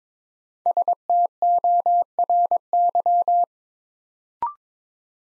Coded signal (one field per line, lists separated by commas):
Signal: Morse code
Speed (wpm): 22 wpm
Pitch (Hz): 700 Hz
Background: none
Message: STORY